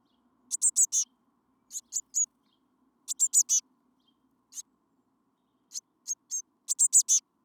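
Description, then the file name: Eurasian blue tit calling: short, high notes, mostly in groups of three or four, with quiet gaps between. "Cyanistes caeruleus"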